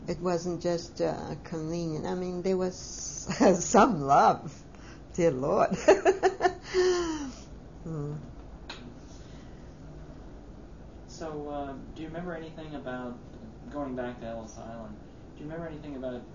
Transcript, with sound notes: It wasn't just a convenient, there was (she laughs) some love, dear Lord. (she laughs) Mmm.
So, uh, do you remember anything about, going back to Ellis Island, do you remember anything about